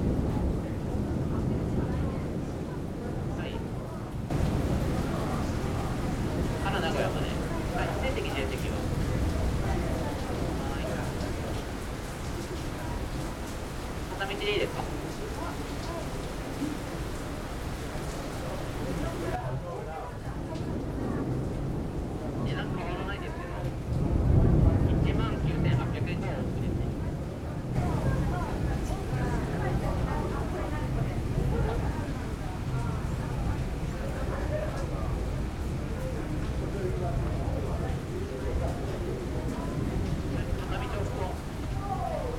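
Inside a laundromat in Osaka, a steady low machine rumble runs throughout with murmured voices, occasional clatters, and a louder thump near 25 seconds.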